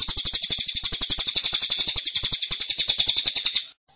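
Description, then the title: Bird song with an unbroken stream of quick, high, scratchy chirps repeated several times per second, stopping abruptly at the end. Track meant to make a listener's own bird join in singing immediately. "Burung Anda Langsung Ikut"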